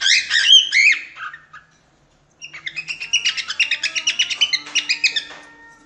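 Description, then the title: Cockatiel song: a few looping whistles, a brief pause, then a fast run of repeated chattering, whistled notes fading at the end. Several cockatiels whistling a song. "Calopsitas Cantando Assobio"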